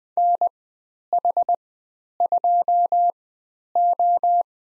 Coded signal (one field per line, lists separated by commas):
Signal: Morse code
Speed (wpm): 20 wpm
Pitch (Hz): 700 Hz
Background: none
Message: NH2O